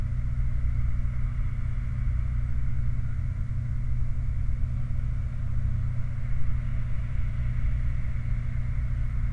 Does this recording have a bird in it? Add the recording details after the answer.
no. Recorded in the Prudhoe Bay oil fields, Alaska, on 28 July 2019 at 23:57. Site 29